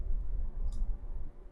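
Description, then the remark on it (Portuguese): A single short, crisp click, like a pen being clicked, stands out briefly over a low, steady background rumble, with faint handling noise and no voices. “Pera aí que minha caneta aqui deu um.”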